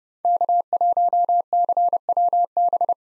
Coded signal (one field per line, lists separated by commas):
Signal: Morse code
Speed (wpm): 32 wpm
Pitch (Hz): 700 Hz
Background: none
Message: K1CWB